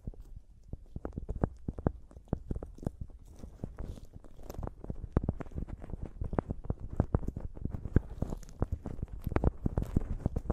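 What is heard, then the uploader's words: Mic tapping and scratching: rapid, irregular dull knocks sounding several times a second, some louder than others, over a low scratchy rustle throughout. ASMR Mic Tapping and Scratching (No Talking).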